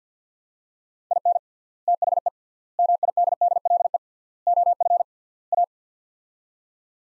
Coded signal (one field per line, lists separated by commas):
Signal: Morse code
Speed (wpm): 50 wpm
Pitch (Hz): 700 Hz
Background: none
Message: IN THE MIDDLE OF A